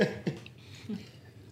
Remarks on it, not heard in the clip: I have a nasty cough. There is not a seal who is also part of this program. It's just my cough, if you hear that.